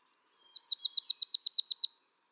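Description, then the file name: Marsh tit song, a brisk series of about eleven clear, downward-sweeping notes repeated evenly, in a quiet background. "Poecile palustris"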